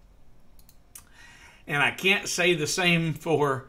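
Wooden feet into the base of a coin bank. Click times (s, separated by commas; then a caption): 0.6 s, 0.7 s, 1.0 s. Laser-cut wooden feet are pressed and snapped onto the base of a wooden coin bank, giving a short series of sharp clicks at 0.6 s, 0.7 s and 1.0 s. The feet are seated, and someone talks from about 1.7 s onward.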